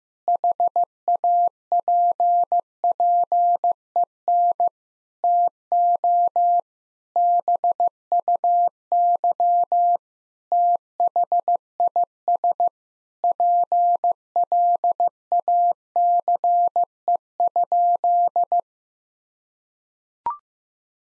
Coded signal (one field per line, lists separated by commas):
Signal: Morse code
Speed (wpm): 15 wpm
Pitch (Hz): 700 Hz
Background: none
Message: HAPPEN TO BUY THIS PLACE?